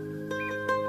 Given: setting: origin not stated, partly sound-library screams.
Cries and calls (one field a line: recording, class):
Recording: one-second piece from a danger detection set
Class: normal situation